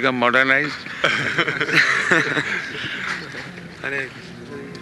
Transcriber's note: laughter